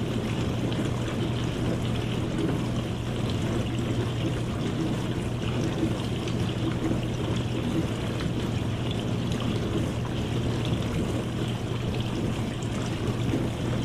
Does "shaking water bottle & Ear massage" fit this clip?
no